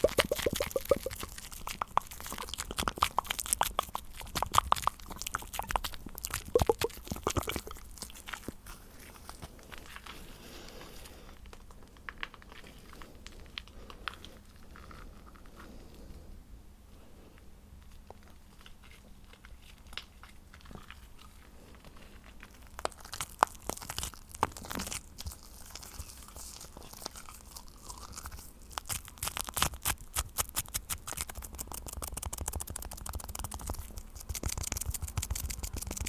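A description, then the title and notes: Shaving foam on a microphone makes close, dense crackling and crunching, busy at first, quieter and softer midway, then thick again after twenty-three seconds. ASMR The ULTIMATE Tingles With SHAVING Foam On The MIC.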